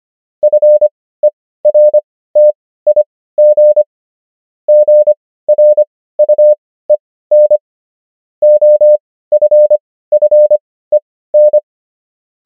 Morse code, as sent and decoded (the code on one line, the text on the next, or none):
..-. . .-. - .. --. / --. .-. ..- . -. / --- ..-. ..-. . -.
FERTIG GRUEN OFFEN